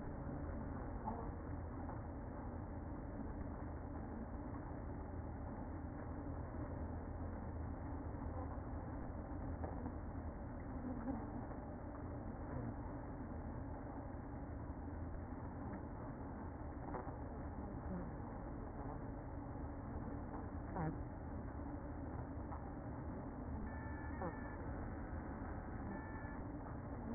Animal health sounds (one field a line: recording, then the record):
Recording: honeybee colony, microphone inside the hive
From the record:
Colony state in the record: queen present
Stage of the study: after two queens were removed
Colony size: about 60,000 bees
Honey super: yes